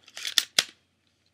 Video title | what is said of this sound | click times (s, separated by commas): Glock 18c P.817 Review | gun has a working slide lock it's empty right now and when you pull it back it locks | 0.4 s, 0.6 s